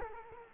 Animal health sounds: mosquito wingbeat signal from an infrared sensor; Culex quinquefasciatus

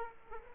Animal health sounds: mosquito wingbeat signal from an infrared sensor; Aedes aegypti

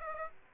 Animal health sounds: mosquito wingbeat signal from an infrared sensor; Aedes aegypti

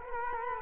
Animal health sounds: mosquito wingbeat signal from an infrared sensor; Culex quinquefasciatus

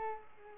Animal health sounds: mosquito wingbeat signal from an infrared sensor; Culex pipiens

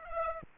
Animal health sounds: mosquito wingbeat signal from an infrared sensor; Aedes aegypti

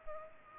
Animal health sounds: mosquito wingbeat signal from an infrared sensor; Culex pipiens

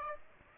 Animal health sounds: mosquito wingbeat signal from an infrared sensor; Aedes aegypti

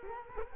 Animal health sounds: mosquito wingbeat signal from an infrared sensor; Culex quinquefasciatus

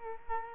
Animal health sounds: mosquito wingbeat signal from an infrared sensor; Culex quinquefasciatus

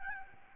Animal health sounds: mosquito wingbeat signal from an infrared sensor; Aedes albopictus

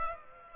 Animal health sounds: mosquito wingbeat signal from an infrared sensor; Aedes aegypti

